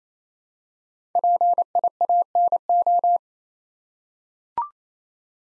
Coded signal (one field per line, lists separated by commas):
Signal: Morse code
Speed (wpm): 29 wpm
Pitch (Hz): 700 Hz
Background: none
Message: PIANO